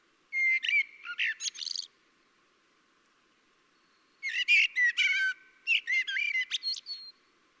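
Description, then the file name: Common blackbird with a warbled phrase of fluty notes ending in twittery chirps, then a longer second phrase of similar notes after a pause. "Turdus merula"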